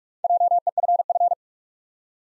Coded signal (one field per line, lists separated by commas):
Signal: Morse code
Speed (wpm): 46 wpm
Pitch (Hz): 700 Hz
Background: none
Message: JEFF